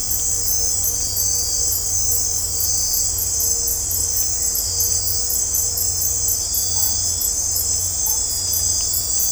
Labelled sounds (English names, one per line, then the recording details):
none
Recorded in dense forest near Puerto Asís, Putumayo, Colombia, on 22 December 2024 at 21:30
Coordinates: 0.503, -76.323
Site G043